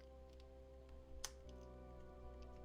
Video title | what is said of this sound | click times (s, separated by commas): HG Gundam LFRITH - Bandai - Full Build w/Commentary | I just love that satisfying click. | 1.2 s